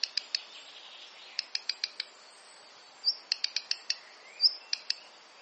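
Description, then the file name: Black redstart calls: quick bursts of sharp tick notes and two thin, high upslurred whistles over light background noise. "Phoenicurus ochruros - Black Redstart"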